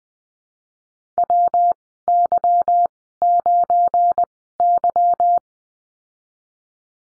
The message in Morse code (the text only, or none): WY9Y